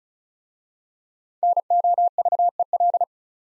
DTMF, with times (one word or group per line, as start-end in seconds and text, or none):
none